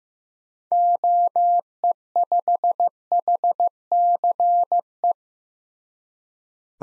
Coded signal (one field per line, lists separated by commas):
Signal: Morse code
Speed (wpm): 15 wpm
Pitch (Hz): 700 Hz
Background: none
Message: OE5HCE